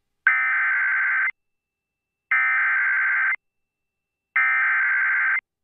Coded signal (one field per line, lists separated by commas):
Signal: Emergency Alert System (SAME) tones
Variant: header bursts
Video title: EAS Severe Thunderstorm Warning Downtown Wichita Falls, Texas! NOAA Weather Radio +WeatherSTAR4000